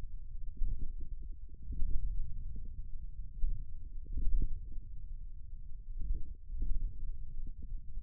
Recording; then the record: forearm muscle sounds (acoustic myography)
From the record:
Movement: index flexion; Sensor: system 1, eight BSWA MPA416 microphones around the upper forearm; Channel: 5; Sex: male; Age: 41 years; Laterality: right